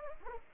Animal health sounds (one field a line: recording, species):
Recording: mosquito wingbeat signal from an infrared sensor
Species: Anopheles arabiensis